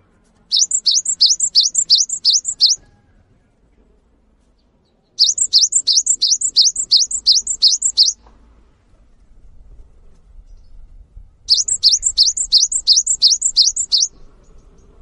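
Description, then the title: Cinereous tit singing three bursts of rapid, high, sweeping two-part whistled notes, each burst about two to three seconds long, with quiet pauses between. Actively singing bird giving long 'wucit' calls that provoke other birds of its kind to join in and call. "GELATIK BATU GACOR WUCIT PANJANGNYA BIKIN GELATIK LAIN JADI TERPANCING UNTUK IKUT BUNYI"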